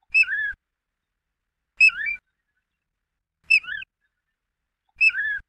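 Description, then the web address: Piping plover calling: clear, sweet two-part whistles, a higher note slurring lower, given four times at fairly even intervals. "Thumbs Plus Zoo Field Guide Repository Sounds"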